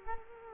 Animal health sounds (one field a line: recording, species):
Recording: mosquito wingbeat signal from an infrared sensor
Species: Culex quinquefasciatus